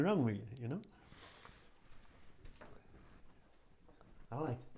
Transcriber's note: sniffs